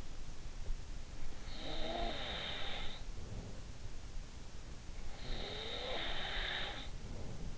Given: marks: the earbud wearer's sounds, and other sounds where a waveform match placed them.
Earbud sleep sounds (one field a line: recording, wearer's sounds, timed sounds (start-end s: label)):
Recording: sounds in sleep by an in-ear microphone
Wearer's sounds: snoring breath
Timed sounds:
1.43-3.69 s: snoring breath
5.17-7.58 s: snoring breath